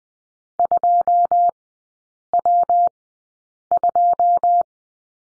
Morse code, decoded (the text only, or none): 2W2